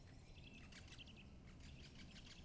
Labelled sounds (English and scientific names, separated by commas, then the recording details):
Great Spotted Woodpecker (Dendrocopos major)
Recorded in Germany
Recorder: ecoPi